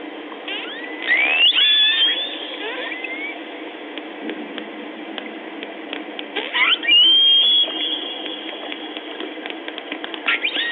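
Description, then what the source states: Pilot whale whistles: rising swept whistles in two clusters, with trains of sharp clicks over constant underwater hiss. Played recording.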